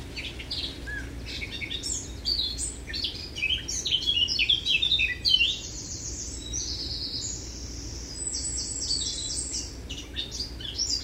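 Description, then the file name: Eurasian blackcap singing a fast, scratchy warbling stream of jumbled notes that turns into longer, clearer high whistled phrases in the second half, with low background hiss. "Sylvia atricapilla"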